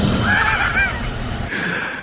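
A loud, honking, rattling snore lasts about a second and a half, with a fluttering, whinny-like tone, then fades into steady ceiling-fan hum. This is heavy snoring, from vibration of the relaxed upper airway during sleep.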